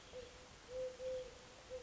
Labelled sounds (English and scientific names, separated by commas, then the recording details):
Eurasian Collared Dove (Streptopelia decaocto)
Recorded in Sonoma County, California